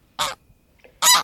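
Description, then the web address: Greylag goose giving harsh, nasal honks: one short call, then a louder, longer honk, with the start of a third at the end. "Гусь серый Oca Selvatica"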